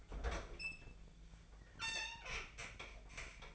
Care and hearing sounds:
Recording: daily activity, microphone in the room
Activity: open fridge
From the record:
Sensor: 5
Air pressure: 1009.8 hPa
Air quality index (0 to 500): 160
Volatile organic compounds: 4 ppm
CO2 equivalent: 1552 ppm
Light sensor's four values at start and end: 120/307/128/136 and 123/313/131/139

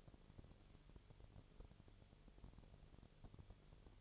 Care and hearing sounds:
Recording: daily activity, microphone in the room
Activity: no activity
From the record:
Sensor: 4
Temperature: 22.4 degrees Celsius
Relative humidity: 31.2%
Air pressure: 1004.1 hPa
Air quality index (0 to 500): 85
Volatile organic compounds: 1 ppm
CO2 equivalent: 767 ppm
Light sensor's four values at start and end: 2/3/1/1 and 2/3/1/1

